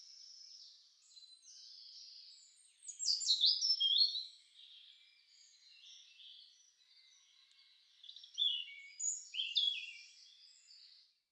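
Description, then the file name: European robin singing two long, high, varied phrases of thin whistles, trills and tinkling notes separated by a softer, quieter stretch. "roodborst"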